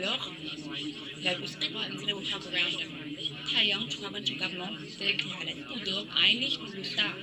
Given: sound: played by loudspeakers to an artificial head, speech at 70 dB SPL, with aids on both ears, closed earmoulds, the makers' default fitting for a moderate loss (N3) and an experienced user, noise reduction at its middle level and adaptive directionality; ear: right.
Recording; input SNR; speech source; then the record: speech test signal (ISTS) in cocktail-party noise; -3 dB; on the right (90 degrees)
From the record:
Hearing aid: class 1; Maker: C